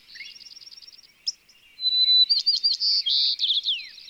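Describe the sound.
White-crowned sparrow song: a softer rapid ticking series, then a clear whistled note followed by buzzy trills and sweeping chirps.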